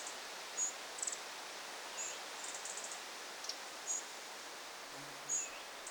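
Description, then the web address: Eurasian wren giving thin, very high short calls at irregular intervals, some in quick pairs, over steady soft hiss. Family group of one parent and at least five young, 9 August 2026. "paivat 9 8 2026 peukaloinen pesue emo ja ainakin viisi poikasta"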